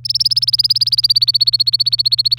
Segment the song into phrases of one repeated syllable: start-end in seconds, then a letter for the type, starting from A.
0.05-2.38 A